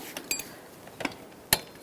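A click-type torque wrench set to 30 ft-lb tightens an engine mount bolt on a 2007-2012 Nissan Altima 2.5L L4, with a few faint metallic ticks early on. A sharp, loud click at 1.5 s confirms the wrench has reached its torque setting.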